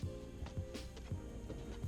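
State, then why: Not seated. A lowered plastic glove box panel on a Mercedes-Benz, removed during a dash cam install, is handled and pushed back up toward the dashboard with the same motion used to take it out. Faint handling bumps sit over a steady tonal background. The plastic clips have not seated or clicked yet when the clip ends.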